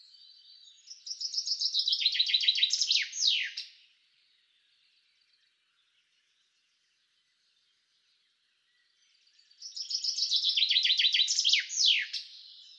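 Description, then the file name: Common chaffinch song phrase, a cascading trill ending in a flourish, repeated after several seconds of near silence. "Fringilla coelebs"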